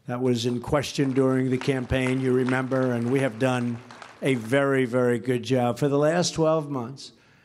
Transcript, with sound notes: That was in question during the campaign, you remember, and we have done a very, very good job. (Applause.) For the last 12 months,